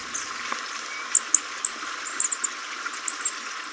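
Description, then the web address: Black-backed bush tanager giving several brief, very high-pitched chip notes, some doubled, separated by short pauses over a soft hiss. Recorded in Ecuador. "Birds of Ecuador. Black-Backed Bush-Tanager"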